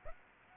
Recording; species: mosquito wingbeat signal from an infrared sensor; Aedes aegypti